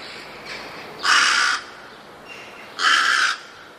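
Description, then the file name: Rook uttering two grating caws about two seconds apart, with fainter softer calls between them. "gawron"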